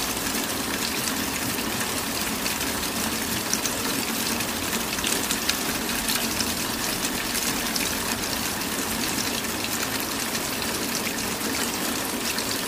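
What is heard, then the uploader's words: Rain falls in a steady, dense wash with no breaks or changes across the whole stretch. The hiss is bright, full of fine crackling patter over a soft, constant low rumble, like water running or gushing. Falling Rain Sounds.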